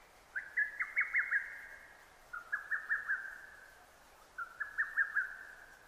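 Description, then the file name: Lesser cuckoo song: three quick, loud whistled phrases of about five staccato notes each, repeated roughly every two seconds, against quiet background hiss. Recorded 6 June 2009. "hototogisu-20090606"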